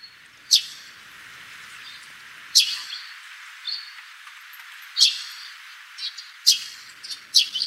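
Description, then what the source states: Eurasian tree sparrow chirping, loud bright notes every couple of seconds, with softer chirps between them and a faint hiss behind. Recorded on Kamishima, Mie Prefecture, Japan.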